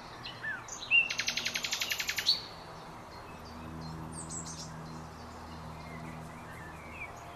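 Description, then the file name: Common nightingale delivering a loud, fast rattle of evenly repeated notes lasting over a second, followed by quieter scattered high notes. "Luscinia megarhynchos"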